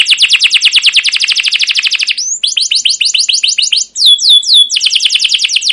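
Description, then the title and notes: Canary song: a fast rolling trill of high notes, then slower paired chirps and a few clear downward-sweeping whistles before trilling again. Continuous, long song ('gacor panjang', 'cuit cuit ngerol') meant as a lure and master tutor for training young caged canaries to learn sounds. "CUIT CUIT NGEROL LANGSUNG GACOR PANJANG Kenari Pancingan KENAR. PANCINGAN Kenari GACOR PANJANG Cuit CUIT EMOSI MASTERAN Kenari PAUD belajar BUNYI. burung kenari"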